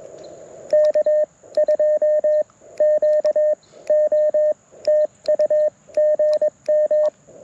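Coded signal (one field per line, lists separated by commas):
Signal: Morse code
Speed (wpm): 22 wpm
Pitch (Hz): 590 Hz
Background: radio noise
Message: K2QO TU GM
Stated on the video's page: QRP Morse from a Parks on the Air activation on a Mountain Topper MTR4B with Bamatech paddles, ATU-10 tuner and PackTenna random wire.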